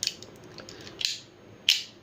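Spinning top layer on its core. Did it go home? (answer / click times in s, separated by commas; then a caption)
released / 0.1 s, 1.0 s, 1.7 s. The plastic layer of a TakaraTomy Beyblade Burst DB Guilty Luinor spinning top is twisted against its DB core, giving sharp clicks at 0.1 s and 1.1 s as it passes its two click stops. A final, louder snap at 1.7 s is the layer bursting off its core, after only two clicks because the top has just two clicks in total.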